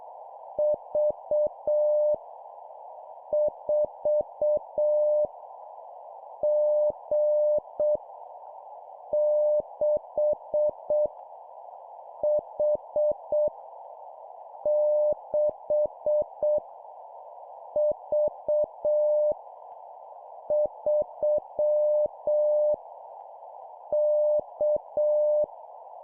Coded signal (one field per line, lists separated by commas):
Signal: Morse code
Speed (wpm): 7 wpm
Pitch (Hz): 600 Hz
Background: none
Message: V 4 G 6 H 6 V 3 K